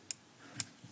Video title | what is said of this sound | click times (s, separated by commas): Ubuntu Basics MAGIC WAND VuPoint scanner.mp4 | you can hear it click | 0.1 s, 0.6 s